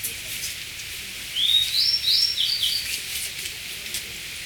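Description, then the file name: Grey bunting gives one short song phrase, a clear opening note followed by a few quick buzzy notes, over background noise. "kurozi"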